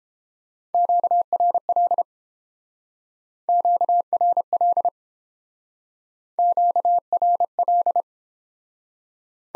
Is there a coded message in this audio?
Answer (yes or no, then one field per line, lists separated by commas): yes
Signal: Morse code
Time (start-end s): 0.7-8.0 s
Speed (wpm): 30 wpm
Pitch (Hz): 700 Hz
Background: none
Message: QRL QRL QRL